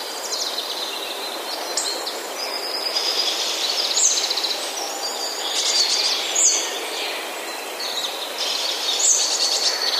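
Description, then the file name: Hawfinch calling: a few brief, piercing high ticks spaced a few seconds apart over a constant high background hiss. "grubodzioby"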